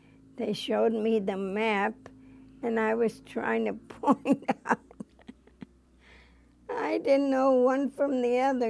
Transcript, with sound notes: They showed me the map and I was trying to point out, (she laughs) I didn't know one from the other.